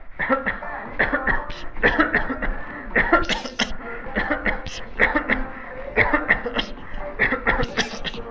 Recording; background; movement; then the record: voluntary coughing; music; walking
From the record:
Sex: male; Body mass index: 22.0 kg/m2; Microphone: on the chest, facing the body